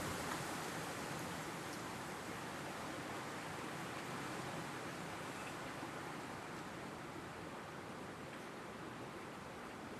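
Rain falls steadily in a spruce forest, a dense, even hiss of countless drops spread from low to bright with no pauses. The level holds constant throughout, with a faint rushing undertone like wind through branches and occasional slightly sharper drips.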